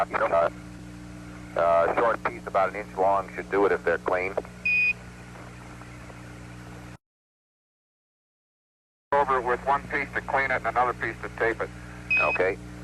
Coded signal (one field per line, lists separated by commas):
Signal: Quindar tones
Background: speech